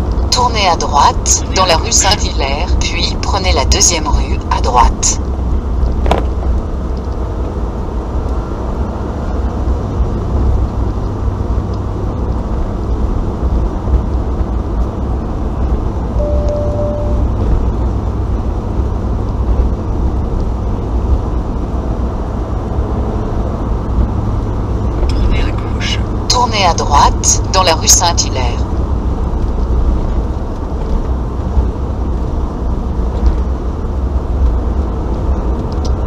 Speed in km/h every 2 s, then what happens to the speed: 74, 71, 69, 70, 71, 75, 78, 78, 76, 77, 76, 76, 73, 79, 85, 83, 80, 71.
4-13 speeds up to 78. 13-25 steady at about 76. 25-28 speeds up to 85. 28-36 slows to 71.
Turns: none.